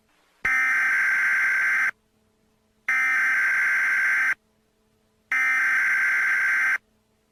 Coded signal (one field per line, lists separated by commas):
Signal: Emergency Alert System (SAME) tones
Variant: header bursts